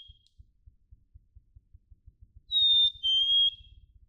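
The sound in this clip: Black-capped chickadee giving one clear two-note whistle, dropping in pitch, over a steady low thumping rhythm throughout.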